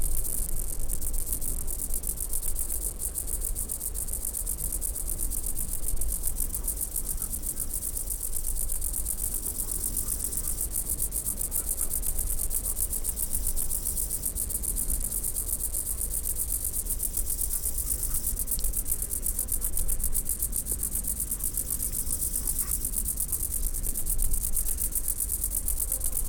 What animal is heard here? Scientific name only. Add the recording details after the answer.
Omocestus rufipes. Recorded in the wild. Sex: male. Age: imago. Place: Groß Schönebeck, Schorfheide, Brandenburg, DE. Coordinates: 52.91, 13.53. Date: 1996-08-02 16:00. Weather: heiter, 22°C. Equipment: Sony MD-WM MZ-R3, Sennheiser ME 80, Kopie Uher 4000 Report Monitor. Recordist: Tembrock, Günter. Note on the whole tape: Männchen: Stridulation